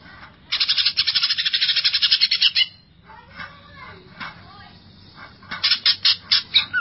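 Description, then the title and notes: Greater green leafbird song: a rapid rattling trill lasting about two seconds, soft scattered notes, then a burst of loud, fast chattering notes. Song of a champion-class cucak ijo. "Kicau Burung Cucak Ijo Juara. Suara kicauan burung cucak ijo"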